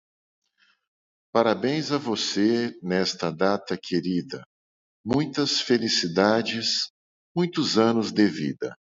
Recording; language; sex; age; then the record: short text; Brazilian Portuguese; male; 50 to 59 years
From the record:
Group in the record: control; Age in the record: 56 years